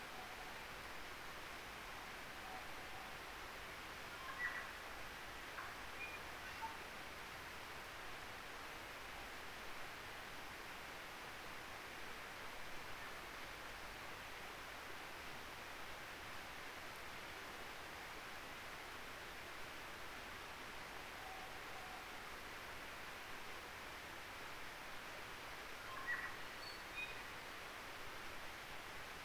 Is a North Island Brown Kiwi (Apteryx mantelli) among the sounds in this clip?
no